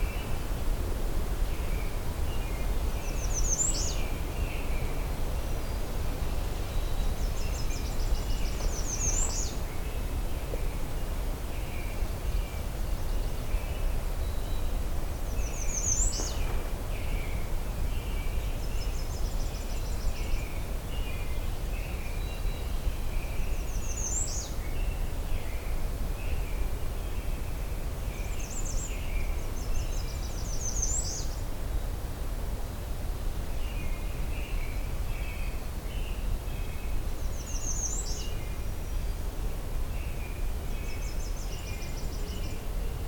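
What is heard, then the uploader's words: Warblers, including American Redstarts, Nashville Warblers and Yellow-rumped Warblers, sing short, high, bright phrases every few seconds, some ending in a sharp upward flourish. Softer chips and twitters sit lower beneath them, over a steady low rumble of background noise throughout. I’m continuing to explore the trails that extend from the Kinglet Junction, to see what new habitats I might find. We’ll be hearing from American Redstarts, Nashville Warblers, Yellow-rumped Warblers, and more.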